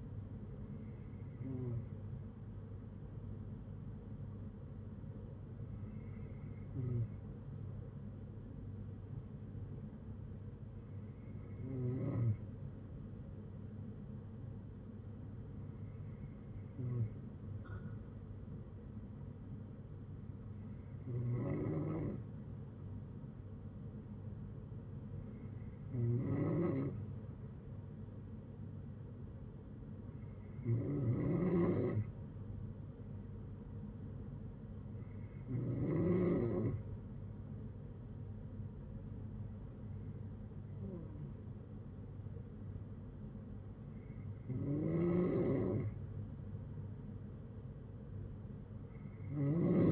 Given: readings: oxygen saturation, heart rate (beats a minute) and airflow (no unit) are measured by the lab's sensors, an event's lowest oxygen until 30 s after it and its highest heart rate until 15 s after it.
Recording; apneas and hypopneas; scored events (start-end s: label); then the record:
breathing in sleep by a smartphone at the bedside; 1
5.00-34.60 s: hypopnea (N2, oxygen 96% highest, then 92% lowest, heart rate 60 at the start, 65 highest)
23.00-49.92 s: new sleep stage, N3 (deep sleep)
From the record:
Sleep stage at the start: N2 (light sleep); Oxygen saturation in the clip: 93 to 96%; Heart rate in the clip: 58 to 65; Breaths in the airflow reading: 10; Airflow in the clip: -6.7 to 5.7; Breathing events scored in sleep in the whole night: 182 in 7.4 hours asleep